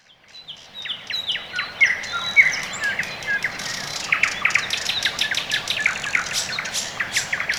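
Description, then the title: Bird chorus starting softly, then building into overlapping chirps, short whistles and rapid ticking notes. Quiet early morning, Orekhovo-Borisovo Severnoye district, Moscow, Russia; recorded with Sony ECM-MS2 microphone into Marantz PMD-661, processed with equalisation and gain. "район Орехово-Борисово Северное, Москва, Россия - Morning birds"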